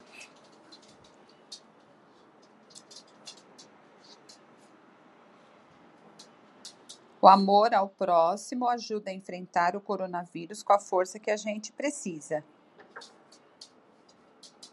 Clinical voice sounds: spoken sentence; Brazilian Portuguese; female; 50 to 59 years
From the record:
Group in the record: control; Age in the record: 55 years

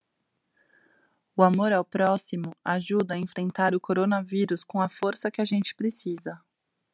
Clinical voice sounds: spoken sentence; Brazilian Portuguese; female; 30 to 39 years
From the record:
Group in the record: control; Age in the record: 35 years

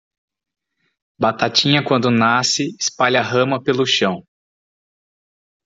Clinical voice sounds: short text; Brazilian Portuguese; male; 40 to 49 years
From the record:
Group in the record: control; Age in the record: 47 years

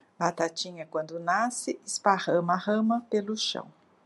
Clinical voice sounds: short text; Brazilian Portuguese; female; 60 to 69 years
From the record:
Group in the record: control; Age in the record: 60 years

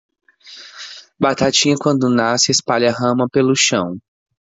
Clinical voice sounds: short text; Brazilian Portuguese; male; 20 to 29 years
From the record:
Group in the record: control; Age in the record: 27 years

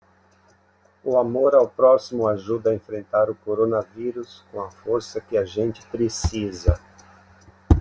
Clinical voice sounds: spoken sentence; Brazilian Portuguese; male; 60 to 69 years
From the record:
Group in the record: control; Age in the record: 65 years

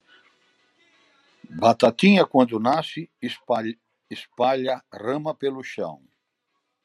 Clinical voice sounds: short text; Brazilian Portuguese; male; 70 to 79 years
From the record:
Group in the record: control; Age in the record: 70 years

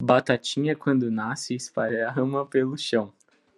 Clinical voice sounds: short text; Brazilian Portuguese; male; 20 to 29 years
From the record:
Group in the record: control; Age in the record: 20 years

